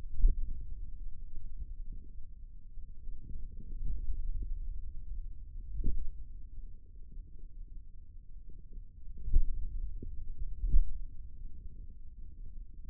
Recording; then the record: forearm muscle sounds (acoustic myography)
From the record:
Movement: pen grasping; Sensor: system 2, bracelet of six BSWA MPA416 microphones around the upper forearm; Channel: 3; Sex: male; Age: 22 years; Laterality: right